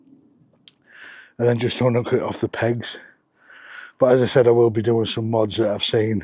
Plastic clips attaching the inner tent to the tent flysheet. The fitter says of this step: two clicks inside and that's it dropped.